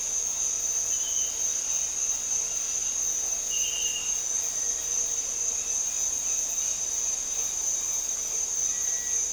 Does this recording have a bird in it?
no